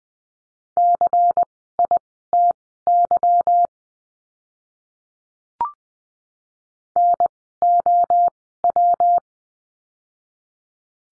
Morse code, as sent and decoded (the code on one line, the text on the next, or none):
-.-. .. - -.-- / -. --- .--
CITY NOW